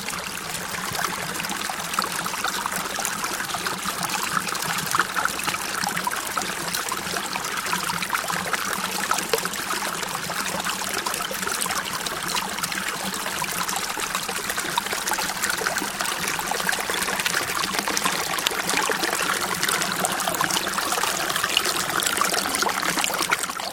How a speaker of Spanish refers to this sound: Mira, el río ya me hace callar.